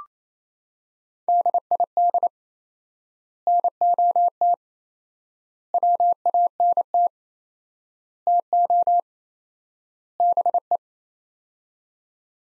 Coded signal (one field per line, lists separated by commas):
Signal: Morse code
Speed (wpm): 28 wpm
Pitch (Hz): 700 Hz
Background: none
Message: DID NOT WANT TO BE